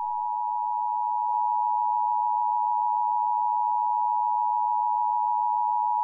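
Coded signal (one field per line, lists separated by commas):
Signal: Emergency Alert System (SAME) tones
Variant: 853 and 960 Hz attention tone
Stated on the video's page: Fictional EAS scenario.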